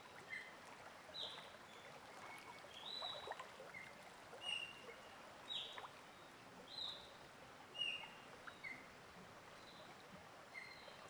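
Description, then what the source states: Bird song of brief, clear whistles at varied pitches, spaced irregularly throughout, over the steady hiss of flowing water. Singing in a forest near a stream.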